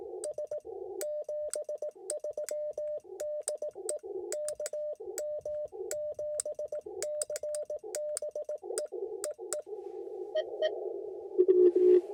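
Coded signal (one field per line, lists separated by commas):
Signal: Morse code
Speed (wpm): 18 wpm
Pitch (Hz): 600 Hz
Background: none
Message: S 73 DE KM7CBE EE EE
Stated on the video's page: Portable Parks on the Air activation, roughly ten contacts made in about 45 minutes.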